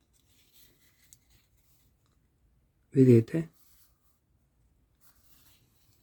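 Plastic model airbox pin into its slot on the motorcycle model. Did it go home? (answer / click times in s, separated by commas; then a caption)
no / none. While assembling a 1:4 scale DeAgostini Yamaha YZR M1 motorcycle model, the builder tries to push the airbox part's pin into its plastic mating slot on the second side. Apart from a faint tick at about 1.1 s, the clip is quiet until someone talks briefly around 3.0 to 3.5 s. The pin does not go in and nothing has seated or clicked yet; the failure is blamed on a wrongly made pin.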